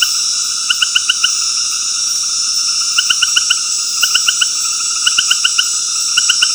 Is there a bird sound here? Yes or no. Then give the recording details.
no. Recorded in dense forest near Puerto Asís, Putumayo, Colombia, on 19 February 2024 at 19:00. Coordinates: 0.485, -76.325. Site G6429